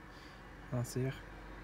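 A brake pad is handled as it is fitted into a brake caliper, and nothing has seated or clicked yet. Someone talks briefly around 0.7–1.1 s over a steady low background hum.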